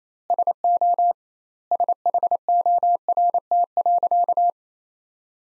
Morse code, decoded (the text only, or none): SO SHORT.